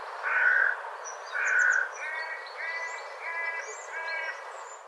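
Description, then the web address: Bird calls: two hoarse, buzzy notes, then four nasal notes with stacked tones in steady succession. Faint high chirps from other birds sound above. "cianscape birddata"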